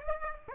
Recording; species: mosquito wingbeat signal from an infrared sensor; Aedes aegypti